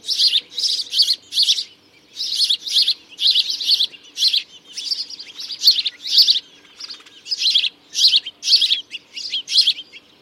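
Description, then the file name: House sparrow giving rapid bright chirps in dense clusters, repeated almost continuously with brief gaps. "Passer domesticus"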